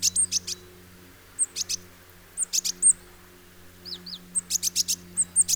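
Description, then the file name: Great tit calling in quick, high, clipped bursts mixed with short hooked whistles, with a steady low hum underneath. "Parus major"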